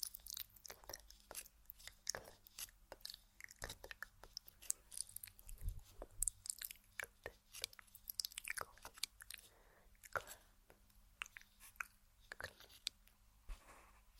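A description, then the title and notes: Wet mouth sounds with quick clicks and smacks arrive in dense irregular bursts, with a faint low hum. ASMR Tingly Hair Claw Clipping Personal Attention, Mouth Sounds, Repeating.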